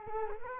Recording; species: mosquito wingbeat signal from an infrared sensor; Culex quinquefasciatus